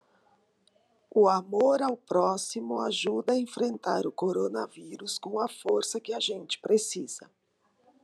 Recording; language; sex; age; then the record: spoken sentence; Brazilian Portuguese; female; 50 to 59 years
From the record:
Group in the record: control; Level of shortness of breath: 0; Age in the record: 59 years